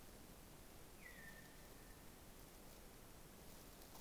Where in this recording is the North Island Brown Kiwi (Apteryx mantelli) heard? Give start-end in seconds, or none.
none